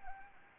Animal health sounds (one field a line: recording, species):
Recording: mosquito wingbeat signal from an infrared sensor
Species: Anopheles arabiensis